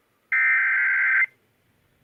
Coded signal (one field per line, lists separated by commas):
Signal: Emergency Alert System (SAME) tones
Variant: header bursts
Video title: Tornado Warning on WWPW (EAS #286)